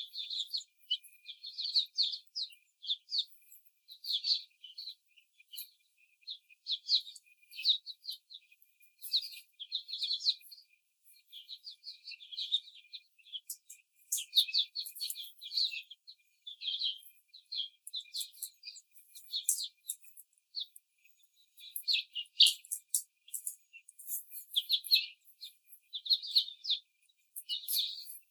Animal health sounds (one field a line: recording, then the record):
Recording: young laying hens in a cage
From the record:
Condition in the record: after the stressor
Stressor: simulated dog barking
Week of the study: 4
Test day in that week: 2